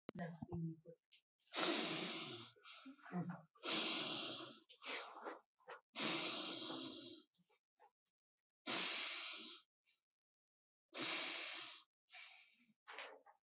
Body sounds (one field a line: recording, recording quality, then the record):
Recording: shallow breathing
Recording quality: excellent, no background noise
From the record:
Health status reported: healthy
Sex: male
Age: 30 years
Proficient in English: yes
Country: India